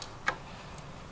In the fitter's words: pop that in like that